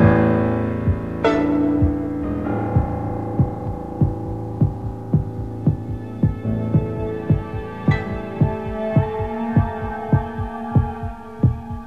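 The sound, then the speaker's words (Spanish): A slow, steady heartbeat thumps in a regular, even rhythm, the low beats layered over a sustained droning hum with tonal overtones and no talking. “No va a permitir mis latidos pausados, ni el paso de tráfico en calma.”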